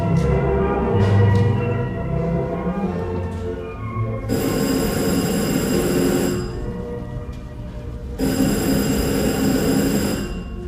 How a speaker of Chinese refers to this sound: 电话又来了，弗朗格先生，你听见了吗？ 我听到了。 已经是第三次了，弗朗格先生，第三次了。